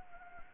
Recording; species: mosquito wingbeat signal from an infrared sensor; Anopheles gambiae